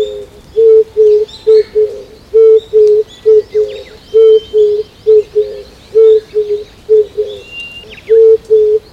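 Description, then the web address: Oriental turtle dove cooing steadily in paired and triple low hoarse coos, repeated throughout, with high chirps of other birds in the background. On a walk in Azamidani, Japan. "raivu sansaku azamidani sound bird kizibato"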